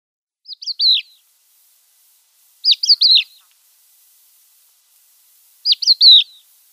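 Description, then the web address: Crested lark flight calls: short clusters of three sliding, whistled notes repeated every two to three seconds in quiet surroundings. "Schulze Peter Crested Lark flightcalls"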